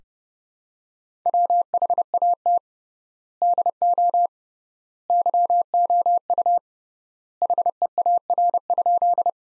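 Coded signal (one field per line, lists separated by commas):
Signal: Morse code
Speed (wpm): 32 wpm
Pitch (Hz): 700 Hz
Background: none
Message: WHAT DO YOU HEAR?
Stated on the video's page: Morse practice of sentences from the top 300 words at 30 wpm with 3x word spacing, a method analogous to Farnsworth.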